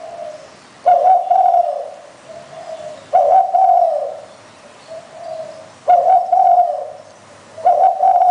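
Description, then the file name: Spotted dove cooing steadily, loud two-part coos every few seconds alternating with softer coos. "นกเขาใหญ่"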